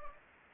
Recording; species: mosquito wingbeat signal from an infrared sensor; Anopheles gambiae